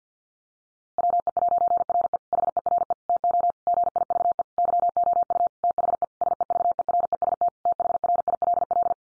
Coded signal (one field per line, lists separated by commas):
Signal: Morse code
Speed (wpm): 50 wpm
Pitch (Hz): 700 Hz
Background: none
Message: WE'RE HERE TO GIVE YOU THE SEVEREST THRILL